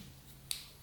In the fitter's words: there you go little click and then progress it forward